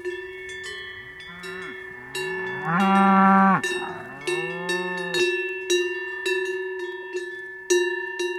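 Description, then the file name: Cow mooing, a loud low moo and a softer one, over constant ringing and clanking of cowbells. Cows wearing cowbells. "Vaches Cloches"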